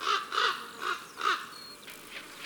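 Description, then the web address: Common raven giving four harsh croaks in quick succession, followed by a few fainter, softer calls. "Le grand corbeau Bestiaire. un jour dans la montagne"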